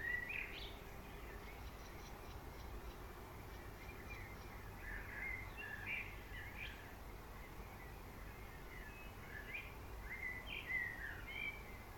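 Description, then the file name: Common blackbird's quiet fluty phrases with thin high twitters, recurring several times, over continuous low rumbling background noise. "Turdus merula"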